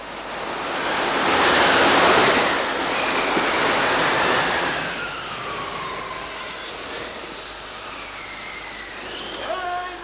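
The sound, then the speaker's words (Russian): Stormy sea waves roar in a loud, broad surge that swells over the first few seconds and then eases, with thin whistling tones gliding above the steady rush of water. “Крепить все по-штормовому!”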